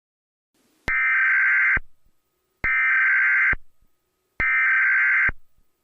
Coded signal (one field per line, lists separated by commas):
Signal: Emergency Alert System (SAME) tones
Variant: header bursts